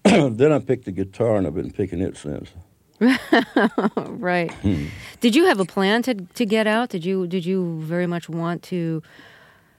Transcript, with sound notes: Then I picked the guitar,
and I've been picking it since.
(Soundbite of laughter)
Right. Did you have a plan to get out? Did you very much want to